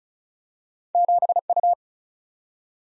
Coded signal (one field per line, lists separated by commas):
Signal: Morse code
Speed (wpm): 36 wpm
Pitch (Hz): 700 Hz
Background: none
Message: 7U